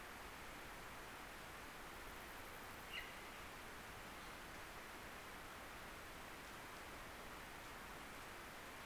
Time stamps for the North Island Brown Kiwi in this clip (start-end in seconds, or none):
none